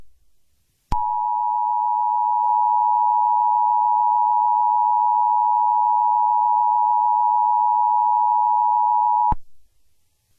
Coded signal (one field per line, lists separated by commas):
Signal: Emergency Alert System (SAME) tones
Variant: 853 and 960 Hz attention tone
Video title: EAS Scenario #10: Dare County Disappearances